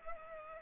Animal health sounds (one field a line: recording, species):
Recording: mosquito wingbeat signal from an infrared sensor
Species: Culex pipiens